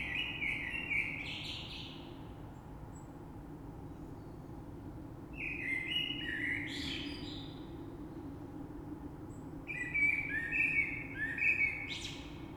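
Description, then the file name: Common blackbird song in three phrases a few seconds apart, mellow warbling closed by thin squeaky notes, over faint background noise. Recorded 3 March 2020. "Rush Merle"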